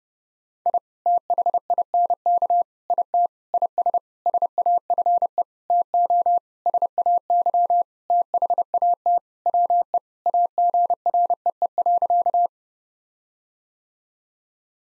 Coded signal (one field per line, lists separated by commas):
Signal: Morse code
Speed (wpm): 30 wpm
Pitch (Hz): 700 Hz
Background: none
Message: I THINK IT IS SAFE TO SAY THAT WE AGREE.